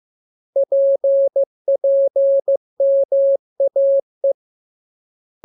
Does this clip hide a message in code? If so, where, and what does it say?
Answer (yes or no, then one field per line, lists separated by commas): yes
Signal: Morse code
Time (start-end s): 0.6-4.3 s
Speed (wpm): 15 wpm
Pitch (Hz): 550 Hz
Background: none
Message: PPMAE